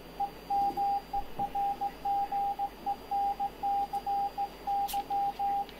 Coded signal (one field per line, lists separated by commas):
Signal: Morse code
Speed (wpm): 16 wpm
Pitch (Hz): 800 Hz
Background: radio noise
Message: EMERGENCY